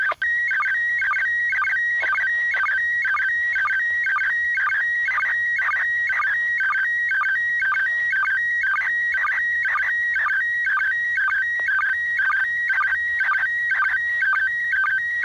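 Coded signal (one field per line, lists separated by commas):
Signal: SSTV (slow-scan television)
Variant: PD 120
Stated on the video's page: SSTV from the International Space Station received on a handheld radio with a 10-section telescopic antenna.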